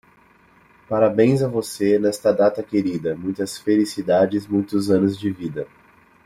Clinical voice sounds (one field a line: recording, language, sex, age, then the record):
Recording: short text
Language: Brazilian Portuguese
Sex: male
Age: 20 to 29 years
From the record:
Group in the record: control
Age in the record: 23 years